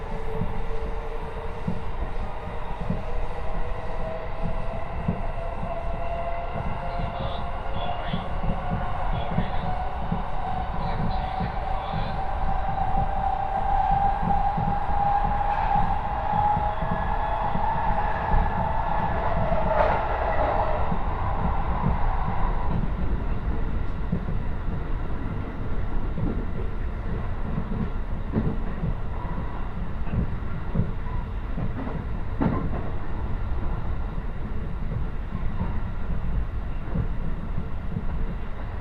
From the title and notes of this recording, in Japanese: 耳で楽しむ鉄道旅 湖西線 小野→おごと温泉→蓬莱。モーター音が全く違うのがよく分かりますし、高架を走っているので踏切の音がないのも分かると思います。